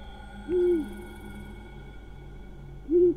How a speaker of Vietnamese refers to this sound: Còn đang miên man trong dòng suy nghĩ quanh quẩn thì ở bên ngoài kia, tiếng con cú mèo nó lại kêu lên những tiếng ai oán, bay vòng vòng ở trên mái nhà.